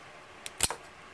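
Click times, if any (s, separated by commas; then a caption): 0.5 s, 0.6 s. A steel C-clip retaining the armature plate and O-ring is pressed down and worked around into its groove in the front differential housing of a 2005 Polaris Sportsman 800 EFI 4x4 ATV. Sharp metallic clicks ring out at 0.5 s and 0.6 s against a quiet background. The clip snaps in and is locked in its groove.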